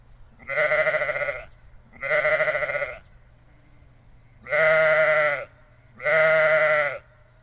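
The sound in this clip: Sheep bleating in four loud, wavering harmonic bleats, each about a second long, two close together then a pause and two more, with a steady low hum behind.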